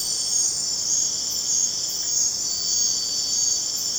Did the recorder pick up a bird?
no